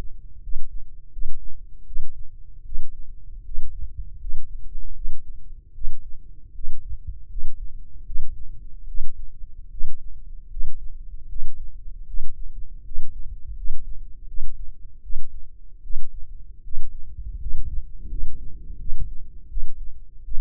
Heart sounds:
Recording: heart sounds by microphone in the left ear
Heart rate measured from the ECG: 79 bpm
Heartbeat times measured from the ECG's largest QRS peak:
0.41 s: heartbeat
1.11 s: heartbeat
1.85 s: heartbeat
2.63 s: heartbeat
3.43 s: heartbeat
4.18 s: heartbeat
4.93 s: heartbeat
5.73 s: heartbeat
6.53 s: heartbeat
7.28 s: heartbeat
8.04 s: heartbeat
8.86 s: heartbeat
9.69 s: heartbeat
10.49 s: heartbeat
11.27 s: heartbeat
12.05 s: heartbeat
12.83 s: heartbeat
13.54 s: heartbeat
14.26 s: heartbeat
15.01 s: heartbeat
15.81 s: heartbeat
16.62 s: heartbeat
17.38 s: heartbeat
18.08 s: heartbeat
18.77 s: heartbeat
19.48 s: heartbeat
20.22 s: heartbeat
From the record:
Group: healthy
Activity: rest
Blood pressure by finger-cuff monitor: 131/79 mmHg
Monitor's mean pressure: 94 mmHg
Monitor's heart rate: 78 bpm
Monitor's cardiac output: 6.3 L/min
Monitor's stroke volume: 81 mL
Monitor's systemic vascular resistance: 1110 dyn s/cm5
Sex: male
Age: 21 years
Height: 180 cm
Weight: 67.5 kg

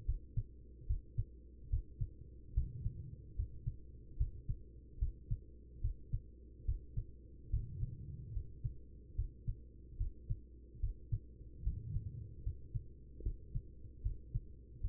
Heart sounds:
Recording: heart sounds by stethoscope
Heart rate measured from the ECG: 73 bpm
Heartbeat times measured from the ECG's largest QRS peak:
0.05 s: heartbeat
0.86 s: heartbeat
1.69 s: heartbeat
2.53 s: heartbeat
3.35 s: heartbeat
4.17 s: heartbeat
4.98 s: heartbeat
5.81 s: heartbeat
6.65 s: heartbeat
7.50 s: heartbeat
8.33 s: heartbeat
9.15 s: heartbeat
9.97 s: heartbeat
10.80 s: heartbeat
11.63 s: heartbeat
12.43 s: heartbeat
13.22 s: heartbeat
14.02 s: heartbeat
14.81 s: heartbeat
From the record:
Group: healthy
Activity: rest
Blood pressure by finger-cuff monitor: 85/65 mmHg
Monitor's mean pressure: 74 mmHg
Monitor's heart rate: 73 bpm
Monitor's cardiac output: 4.8 L/min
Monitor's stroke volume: 65 mL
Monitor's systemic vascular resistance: 1110 dyn s/cm5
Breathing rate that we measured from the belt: 13 breaths a minute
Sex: female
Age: 43 years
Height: 160 cm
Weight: 90 kg

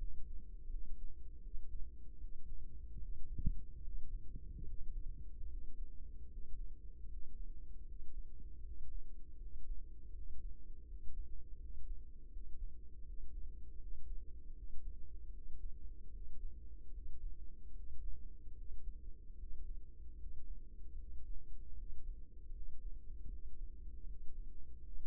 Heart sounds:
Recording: heart sounds by microphone in the right ear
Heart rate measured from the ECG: 77 bpm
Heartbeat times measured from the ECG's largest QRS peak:
0.67 s: heartbeat
1.40 s: heartbeat
2.17 s: heartbeat
2.98 s: heartbeat
3.81 s: heartbeat
4.63 s: heartbeat
5.46 s: heartbeat
6.27 s: heartbeat
7.06 s: heartbeat
7.84 s: heartbeat
8.61 s: heartbeat
9.37 s: heartbeat
10.11 s: heartbeat
10.85 s: heartbeat
11.57 s: heartbeat
12.29 s: heartbeat
13.03 s: heartbeat
13.77 s: heartbeat
14.53 s: heartbeat
15.31 s: heartbeat
16.10 s: heartbeat
16.91 s: heartbeat
17.72 s: heartbeat
18.54 s: heartbeat
19.36 s: heartbeat
20.16 s: heartbeat
20.95 s: heartbeat
21.74 s: heartbeat
22.51 s: heartbeat
23.28 s: heartbeat
24.05 s: heartbeat
24.80 s: heartbeat
From the record:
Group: healthy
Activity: rest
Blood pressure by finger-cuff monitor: 102/75 mmHg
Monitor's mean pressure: 83 mmHg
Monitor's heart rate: 78 bpm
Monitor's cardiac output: 5.6 L/min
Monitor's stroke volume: 72 mL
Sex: female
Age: 32 years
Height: 172 cm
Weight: 71.7 kg

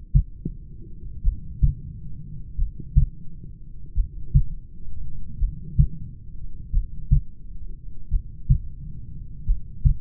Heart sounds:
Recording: heart sounds by stethoscope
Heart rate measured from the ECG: 44 bpm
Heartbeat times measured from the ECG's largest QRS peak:
1.27 s: heartbeat
2.61 s: heartbeat
3.98 s: heartbeat
5.43 s: heartbeat
6.76 s: heartbeat
8.14 s: heartbeat
9.50 s: heartbeat
From the record:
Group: heart failure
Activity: rest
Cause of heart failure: familial cardiomyopathy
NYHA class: 1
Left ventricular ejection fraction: 49%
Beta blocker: bisoprolol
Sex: male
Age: 31 years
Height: 194 cm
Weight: 96 kg

